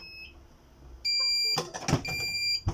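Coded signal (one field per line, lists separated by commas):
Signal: beep code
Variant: Birch receipt printer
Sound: high steady electronic beep, broken by mechanical clunks, then resuming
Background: mechanical clunks, small room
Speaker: This is a continuous beep one.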